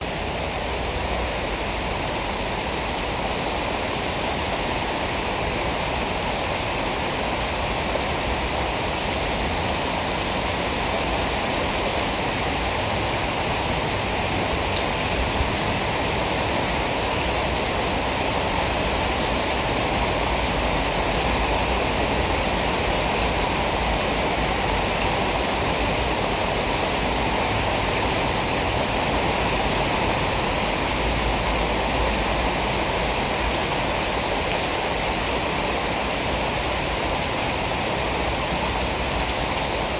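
Rain falls in a steady, dense wash that holds the same level for the whole forty seconds, with no breaks or distinct drops standing out. The sound is full, spread from low rumble up to a bright hiss, resembling rushing water.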